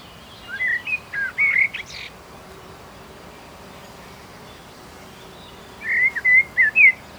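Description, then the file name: Common blackbird song, a phrase of short warbled notes ending in a sharp high squeak, followed by a pause and then another run of clear whistled notes. "Turdus merula"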